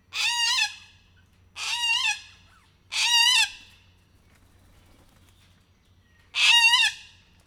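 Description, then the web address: Little corella screeching four times, harsh wavering calls about a second apart, then a pause of several seconds before the last one. Zoo bird in captivity, recorded in 2018 at a zoo in Miskolc, Hungary; described as emboldened. "allathangok miskolcizoo 2018 csupaszszemu kakadu felbatorodva"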